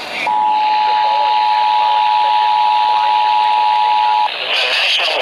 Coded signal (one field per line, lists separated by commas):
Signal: Emergency Alert System (SAME) tones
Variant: 853 and 960 Hz attention tone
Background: speech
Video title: Tornado Warning 5 On KXI46,WOLG-FM,WMKR-FM, & WMAY-FM 1/3/2023 (EAS #1,796-1,799)